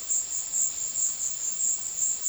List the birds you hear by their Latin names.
none